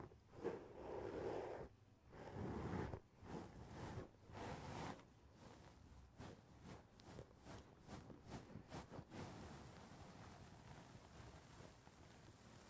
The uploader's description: tapping on the roof of your foam house